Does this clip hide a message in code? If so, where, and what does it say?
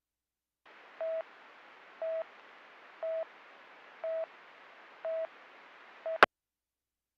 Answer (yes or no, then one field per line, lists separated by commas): no